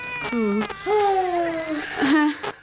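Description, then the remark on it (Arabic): An infant wails in three drawn-out, high-pitched cries, each bursting loud then trailing off, with short breaths between and the last cry wavering upward. “لا بأس يا حبيبي، لا بأس، لا بأس، لا بأس.”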